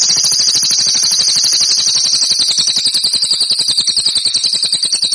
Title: SUARA BURUNG CILILIN